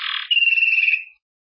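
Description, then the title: Belgian canary song: a short buzzy phrase followed by a steady sustained trill held for under a second. "Canario Belga"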